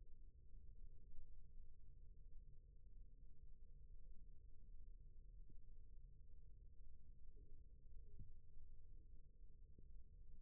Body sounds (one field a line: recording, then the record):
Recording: forearm muscle sounds (acoustic myography)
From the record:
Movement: rest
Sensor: system 1, eight BSWA MPA416 microphones around the upper forearm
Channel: 6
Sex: female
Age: 21 years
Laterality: right